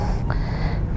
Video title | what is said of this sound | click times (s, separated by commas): Grabe Ganda Nitong Bagong Mio Soul i 125s 2021 #FindURTrip Edition! - Specs and Features Walkthru | Very easy lang, kahit isang kamay pindutin mo, nakalock na yung rear brake. | 0.3 s